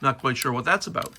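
A small plastic machinery piece is being handled on a toy playset, ready to be pushed down into its position in the playset interior while someone talks. Nothing has seated or clicked yet; the clip ends just before the piece goes home.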